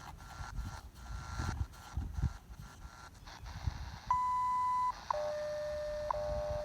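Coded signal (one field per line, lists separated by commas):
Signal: radio time signal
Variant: WWV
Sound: static and rumble, then a long high beep, a click, then a steady lower tone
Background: radio static, rumbling noise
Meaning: The 0.8-second 1000 Hz tone marks the start of a minute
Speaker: still have about a 30 DB signal-to-noise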